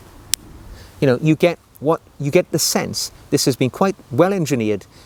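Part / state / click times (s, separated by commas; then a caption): metal pen cap onto fountain pen body / seated / 0.3 s. The all-metal cap of a Pilot Metropolitan (MR) fountain pen is pushed back onto the pen body and seats with a single sharp, loud click at 0.3 s. Someone then talks over a quiet background for the rest of the clip.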